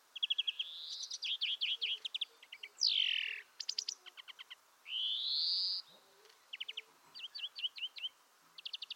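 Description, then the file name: European greenfinch song: quick twittering trills and rattles broken by two long wheezy notes, one sliding downward and one rising, then more short trilled phrases. "Chloris chloris"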